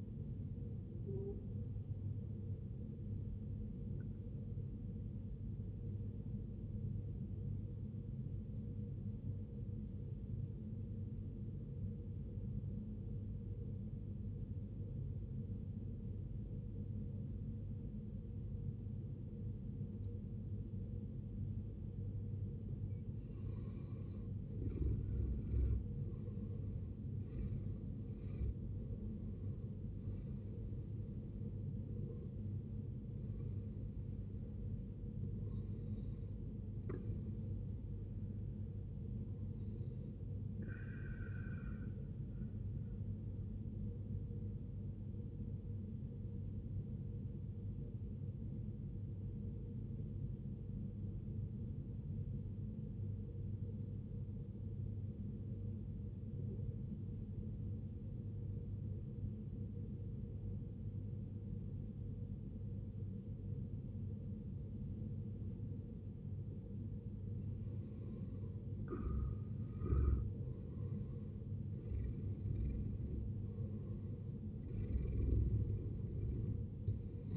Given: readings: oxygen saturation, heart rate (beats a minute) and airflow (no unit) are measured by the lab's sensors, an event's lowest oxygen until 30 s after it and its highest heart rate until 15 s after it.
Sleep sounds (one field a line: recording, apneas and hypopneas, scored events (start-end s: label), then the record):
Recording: breathing in sleep by a smartphone at the bedside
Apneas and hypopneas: 2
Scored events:
3.00-21.80 s: obstructive apnea (N2, oxygen 95% highest, then 81% lowest, heart rate 67 at the start, 71 highest)
17.00-47.00 s: new sleep stage, N1 (lightest sleep)
47.00-77.37 s: new sleep stage, N2 (light sleep)
50.00-67.60 s: obstructive apnea (N2, oxygen 95% highest, then 82% lowest, heart rate 69 at the start, 69 highest)
From the record:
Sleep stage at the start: N2 (light sleep)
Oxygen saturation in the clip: 81 to 95%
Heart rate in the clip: 57 to 71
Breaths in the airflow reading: 9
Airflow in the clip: -11.9 to 14.3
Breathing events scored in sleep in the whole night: 389 in 6.3 hours asleep